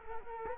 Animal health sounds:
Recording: mosquito wingbeat signal from an infrared sensor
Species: Culex quinquefasciatus

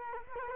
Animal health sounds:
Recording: mosquito wingbeat signal from an infrared sensor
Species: Culex quinquefasciatus

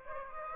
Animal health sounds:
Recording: mosquito wingbeat signal from an infrared sensor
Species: Aedes aegypti

